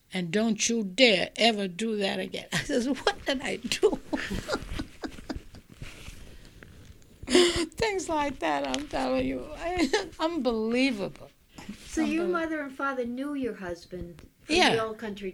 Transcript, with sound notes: "And don't you dare ever do that again." I says, "What did I do?" ( she laughs ) Things like that, I'm telling you, unbelievable.
So your mother and father knew your husband from the old country, too.